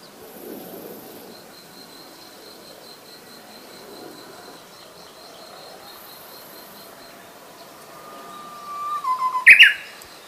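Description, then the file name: Japanese bush warbler song: a long steady whistle that lifts slightly near the end, then a quick sharp flourish jumping higher. "uguisu"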